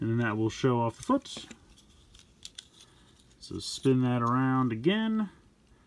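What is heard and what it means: Someone talks while the gray rear section of a plastic transforming toy truck is handled and rotated around into the truck body, with a few faint, brief handling ticks between the words. The clip ends before the section clicks into place, so nothing has seated or clicked yet.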